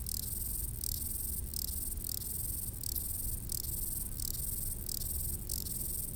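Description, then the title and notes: Grasshoppers giving repeated high, hissing stridulation bursts over a continuous insect buzz and a low background rumble. Several grasshoppers stridulating on a roadside bank along the Mont du Chat TV relay road at 1500 m altitude, Le Bourget-du-Lac, France, with distant valley noise in the background. "D42, 73370 Le Bourget-du-Lac, France - insectes du talus. Route du relais télévision du Mont du Chat à 1500m d'altitude les stridulations des criquets sur le talus et les bruits lointains de la vallée en arrière plan"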